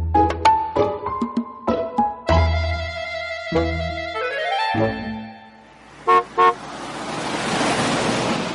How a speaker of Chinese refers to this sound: 周奇阳还没反应过来呢，孟昭已经启动车子开远。